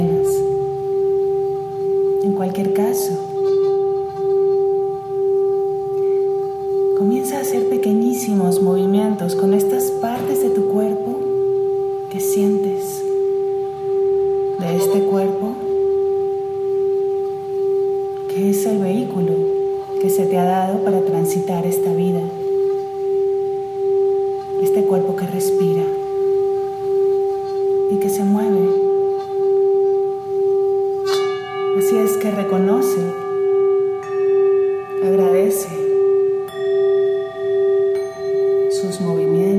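Tibetan singing bowls hold a steady ringing tone throughout while a voice speaks in short phrases, and higher bowl tones join near the end.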